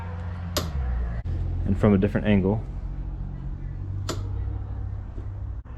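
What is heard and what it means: A click-type torque wrench is turned on a bolt with a steady low hum in the background, and someone talks briefly. A sharp click at 4.1 s marks the wrench giving way at its 15 ft-lb setting, confirming the bolt is torqued. A similar sharp transient is also heard at 0.6 s.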